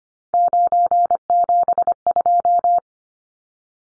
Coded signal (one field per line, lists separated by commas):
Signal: Morse code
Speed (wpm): 25 wpm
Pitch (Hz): 700 Hz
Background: none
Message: 972